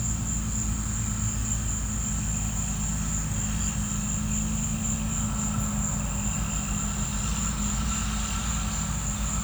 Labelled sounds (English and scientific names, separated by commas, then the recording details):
none
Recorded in pastures near Puerto Asís, Putumayo, Colombia, on 16 December 2024 at 14:00
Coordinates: 0.472, -76.329
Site G072